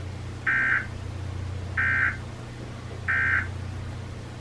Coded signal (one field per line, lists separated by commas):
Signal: Emergency Alert System (SAME) tones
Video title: EAS #101-#102: RMT and A TON OF STATIC | KHB36 & WTOP